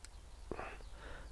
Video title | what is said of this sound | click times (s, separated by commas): Using Lights to Keep Worms in their Beds | wire down the flex just to make the connection and that'll click into place | 0.0 s, 0.5 s